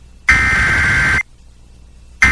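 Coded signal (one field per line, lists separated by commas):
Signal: Emergency Alert System (SAME) tones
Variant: header bursts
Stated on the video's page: Flash Flood Warning issued by the National Weather Service, relayed by an FM station and recorded from its online live stream.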